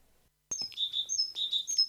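Great tit song: bright, high whistled notes at a few pitches, repeated in quick phrases after a brief silence.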